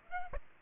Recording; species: mosquito wingbeat signal from an infrared sensor; Aedes aegypti